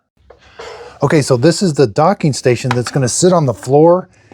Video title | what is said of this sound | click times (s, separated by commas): Don’t Buy a Cordless Vacuum Until You See This! | So, just push it down and it should click into place. | 0.3 s